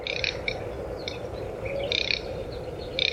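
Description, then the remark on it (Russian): Calls of a male garganey duck: short, dry crackling rattles repeated in clusters, fairly high-pitched and rasping, over a steady low background hum with no talking. “Или трескунка.”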